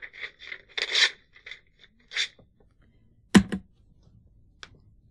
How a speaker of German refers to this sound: In Ihrem eigenen Interesse zerreiße ich beide Papiere.